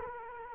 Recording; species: mosquito wingbeat signal from an infrared sensor; Culex quinquefasciatus